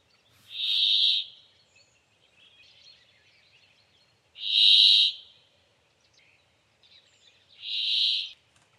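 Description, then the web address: Brambling: three harsh, buzzy notes, each about three-quarters of a second long, spaced a few seconds apart. Its song is said to resemble a seconds-long, even buzzing tone. "voegel aber cool. bergfink"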